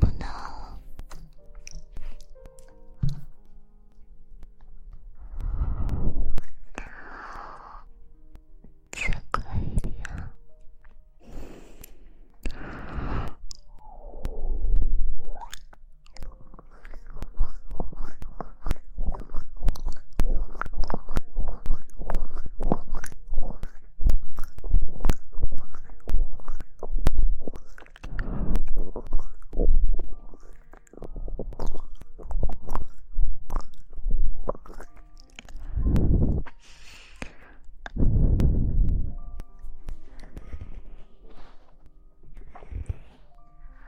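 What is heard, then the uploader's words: Mouth sounds: wet clicks, smacks and rapid chewing-like crunches cluster densely from about 15 to 35 seconds. Soft breathy puffs and blowing swells rise around 5, 9–13 and 36–39 seconds, with brief murmured speech early on. ASMR Mouth sounds & Ear blowing.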